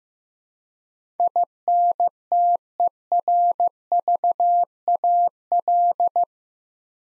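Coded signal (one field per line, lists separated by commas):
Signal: Morse code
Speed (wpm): 15 wpm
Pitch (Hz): 700 Hz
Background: none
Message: INTERVAL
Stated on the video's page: Morse practice at 15 wpm building 8-letter words two letters at a time, for instant character recognition training.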